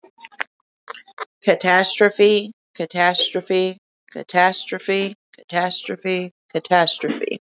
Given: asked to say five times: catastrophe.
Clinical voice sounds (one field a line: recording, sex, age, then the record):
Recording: repeated word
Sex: female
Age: 20 to 29 years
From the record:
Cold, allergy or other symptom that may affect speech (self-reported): no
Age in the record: 29 years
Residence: Oklahoma, United States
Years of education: 16